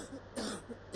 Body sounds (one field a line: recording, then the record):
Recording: coughing mixed with background sound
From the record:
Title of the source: 60 coughing still (deep and wet cough)